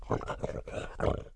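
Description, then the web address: Pig grunts, several rough, low grunts in a short series, each lasting a fraction of a second. "AKAI S 6000 CD-ROM - Volume 1 SOUND EFFECT ANIMALS PIG"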